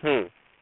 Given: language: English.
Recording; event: throat vibration sensor signal played as sound; speech